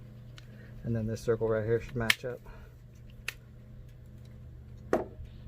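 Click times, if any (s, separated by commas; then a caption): 3.3 s, 4.9 s. Someone talks while lining up the round fitting on a 2002–2004 RSX door lock actuator with its linkage lever inside the car door. The clip is then pushed into the actuator lever, giving sharp snaps at 3.3 s and 4.9 s as it seats. A tug test confirms it is in.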